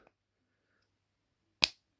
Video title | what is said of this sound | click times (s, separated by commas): STRANGER THINGS X TRANSFORMS CODE RED TOY REVIEW. | you pull that and it snapped into place yeah and that that's his weapon | 1.6 s